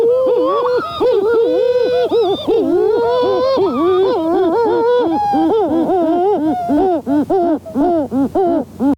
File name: great shearwater call